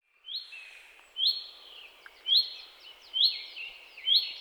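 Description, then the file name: Common chaffinch repeating a bright, high call note about every second, each trailing into a softer sustained tone, with a low hiss behind. "Fringilla coelebs"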